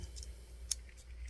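A crimped terminal pin on its wire is pushed back into a plastic Honda ECU connector housing until it locks. A single sharp, bright click at 0.7 s shows that it has seated, with only faint ticks and low background hum around it.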